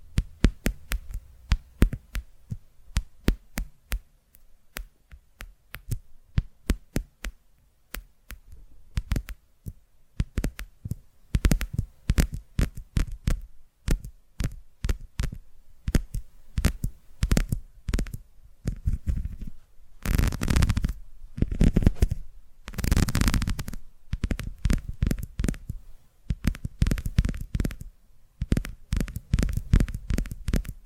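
ASMR tapping: quick, uneven taps with a soft thud and a crisp click on top, arriving in dense, rapid flurries throughout. Around 20 to 24 seconds the taps merge into thicker, scratchy bursts before the separate tapping returns until the end.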